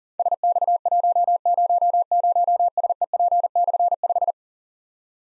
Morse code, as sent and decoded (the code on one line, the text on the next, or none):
... -..- .---- ----- ----- ... . .--. -..-. .....
SX100SEP/5